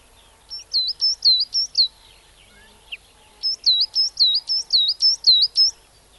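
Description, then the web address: Coal tit song of quick, high see-saw notes repeated in two runs, the second longer, separated by a short gap with a soft chirp. "bbc Bird Song Site Coal Tit - Mesange (charbon )"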